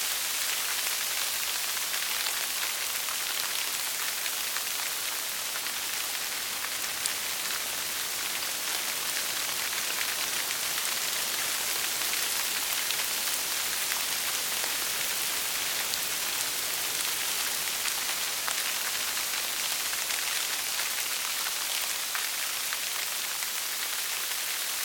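Light rain falls steadily for the whole stretch, a dense, bright hiss of fine drops with many tiny taps scattered through it. The sound stays even, thin in the low end, with a faint low hum underneath.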